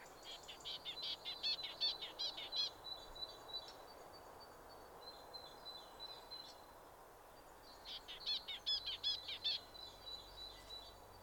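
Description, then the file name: Great tit giving a burst of high, sharp repeated notes, then thin faint calls, followed by a second short run of ringing phrases. "Parus major"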